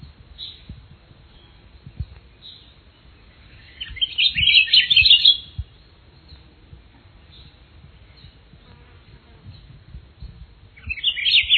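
Akiapolaau song: two short bursts of high, rapid warbled notes, one near the middle and one at the very end, with quiet low rumble between.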